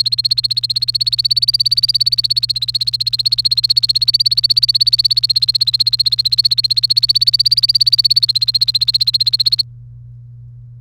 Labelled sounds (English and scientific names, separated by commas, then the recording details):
Domestic Canary (Serinus canaria) song
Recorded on 1 May 2018 at 10:28
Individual llb3